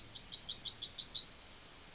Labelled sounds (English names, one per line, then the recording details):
Yellowhammer song
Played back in forest
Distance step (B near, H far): C
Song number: 121